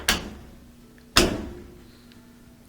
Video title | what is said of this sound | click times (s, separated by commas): 😬 Dryer Makes A Terrible Screech — HOW TO FIX | push down until it clicks | 0.1 s, 1.2 s